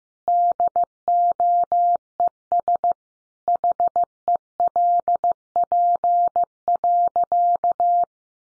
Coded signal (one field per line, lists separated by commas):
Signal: Morse code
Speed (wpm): 15 wpm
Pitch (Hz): 700 Hz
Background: none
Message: DOES HELP.